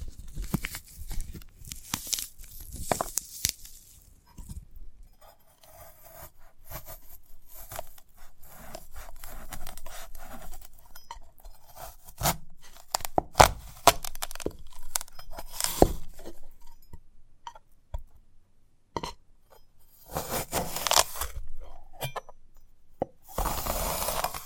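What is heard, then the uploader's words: ASMR handling of a sprouted coconut: dense, irregular scraping and tearing with crisp clicks and taps scattered throughout. Sharp bright bursts stand out around 12 to 16 seconds, and a rougher, hissing scrape returns near 20 seconds and again at the end. ASMR of a Sprouted Coconut (No Talking).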